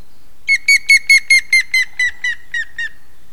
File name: hamvas küllő kiáltás